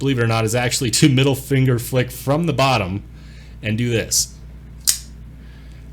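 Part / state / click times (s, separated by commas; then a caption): knife blade locking open in its folding handle / seated / 4.9 s. Someone talks as the heavy blade of a BRS Khopesh folding pocket knife is flicked open from the bottom with the middle finger, swinging out on its bearings. A sharp click at 4.9 s marks the lock engaging, and the blade locks open in its folding handle, a click felt because the blade is heavy.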